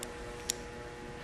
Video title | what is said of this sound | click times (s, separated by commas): Tutorial - Reichhardt PSR Installation on a Case Combine | will populate this into terminal 1 of the connector you want to put this through the connector till you hear it click sound and then | 0.5 s